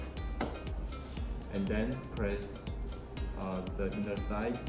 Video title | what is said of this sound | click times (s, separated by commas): COM-CFHB6: Powerful, Expandable COM Solution from AAEON | will hear 2 clicks, and that means you are installed it properly. | 0.4 s